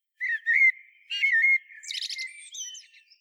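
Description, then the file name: Common blackbird singing a short mellow whistled phrase, two fluty notes followed by a thin, scratchy high flourish. "Turdus merula"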